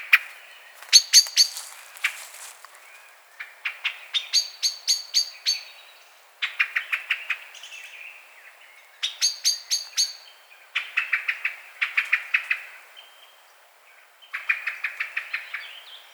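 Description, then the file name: Common blackbird calling: loud bursts of sharp, clicking chink notes in quick runs, pausing between runs. "Turdus merula"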